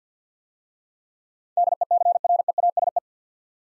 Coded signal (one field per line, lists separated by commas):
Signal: Morse code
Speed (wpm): 47 wpm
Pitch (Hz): 700 Hz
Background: none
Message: DECREASE